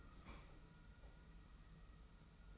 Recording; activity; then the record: daily activity, microphone in the room; open fridge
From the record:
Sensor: 1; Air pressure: 990.9 hPa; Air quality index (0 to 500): 113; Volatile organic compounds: 127 ppm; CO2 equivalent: 3913 ppm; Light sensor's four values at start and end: 19/45/19/21 and 19/45/19/21